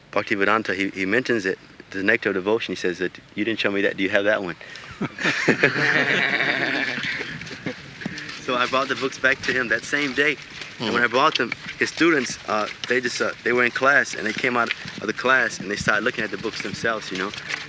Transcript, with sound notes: Bhaktivedanta, he mentions the Nectar of Devotion." He says that "You didn't show me that. Do you have that one?" [Prabhupāda laughs] So I brought the books back to him that same day. And when I brought them, his students, they were in class, and they came out of the class and they started looking at the books themselves, you know.